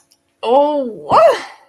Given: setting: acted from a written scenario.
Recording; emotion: vocal sound without words; pain